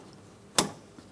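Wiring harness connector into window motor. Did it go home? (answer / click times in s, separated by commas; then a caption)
yes / 0.6 s. A plastic wiring harness connector is pushed onto the power window motor of a 2011–2026 Mitsubishi Outlander, with the locking tab on the inboard side. A single sharp click sounds at 0.6 s over quiet background noise, and a faint tick follows near 1.0 s. The connector is seated, and a light tug confirms it is secure.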